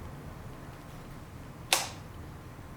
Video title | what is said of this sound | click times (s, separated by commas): TRX4 and SCX10 III Crawler Upgrade Series : FlySky Noble NB4 unboxing and firmware upgrade + parts | and if you hear a click sound so that means it's connected now it can sit or | 1.7 s